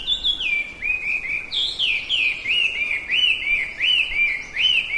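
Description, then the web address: Chinese hwamei pouring out rich whistled song, a run of repeated slurred phrases, clear against a quiet background. "abarazemi Hwamei"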